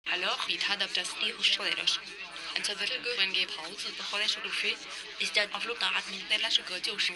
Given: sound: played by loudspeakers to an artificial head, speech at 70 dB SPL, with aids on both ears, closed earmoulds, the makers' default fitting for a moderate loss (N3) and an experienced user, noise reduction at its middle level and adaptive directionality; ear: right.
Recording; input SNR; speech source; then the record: speech test signal (ISTS) in cocktail-party noise; +3 dB; on the right (90 degrees)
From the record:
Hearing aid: class 2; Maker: B